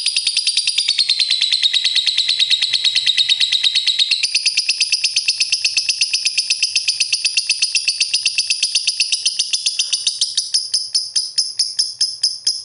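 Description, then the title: Bird song as a sustained rapid high trill, its pitch stepping up midway, breaking at the end into distinct fast chirps. "Kicau Burung"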